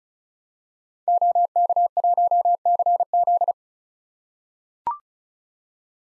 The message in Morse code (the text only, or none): OK1CZ